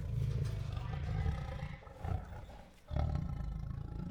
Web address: Sound Ideas Tigers. Restless with Growls, Huffs, Moans and Roars